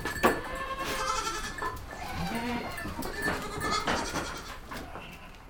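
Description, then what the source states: Goats bleating softly, overlapping calls with a knock near the start. Goats recorded in a goat stable.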